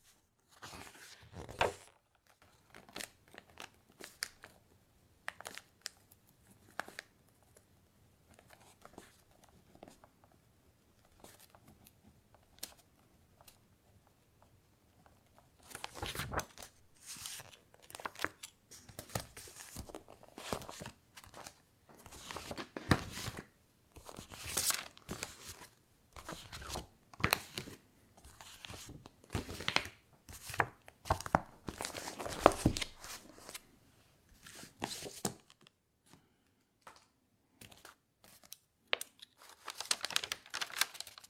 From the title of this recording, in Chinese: 纸音·写字音·翻书音